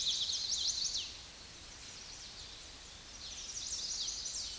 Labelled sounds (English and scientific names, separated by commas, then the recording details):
Eastern Towhee (Pipilo erythrophthalmus) song
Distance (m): 15 m
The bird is about level with the microphone
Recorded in a Pennsylvania forest on 16 May 2024 at 09:52
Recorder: AudioMoth, point MSD-1401
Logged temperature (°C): 16.4 °C
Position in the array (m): 68 m, 181 m